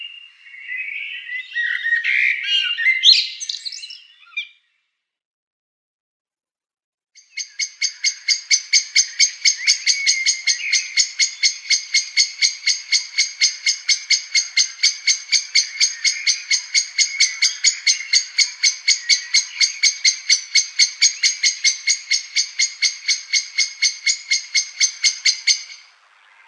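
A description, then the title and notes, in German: Native birds calling and singing. For the first four seconds a bright, jumbled warble of chirps plays, then a couple of seconds of silence. From about seven seconds a long, steady, rapid trill of high, evenly repeated notes runs unchanged until the end. Gesänge und Rufe heimischer Vogelarten (Unsere heimische Vogelwelt 1) Hörbuch von Karl Heinz Dingler.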